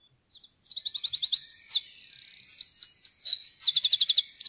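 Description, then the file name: Eurasian wren singing a fast, piercing high phrase: stuttering trills alternate with sweet warbled notes, closing on another rapid rattling trill. "gjerdesmett"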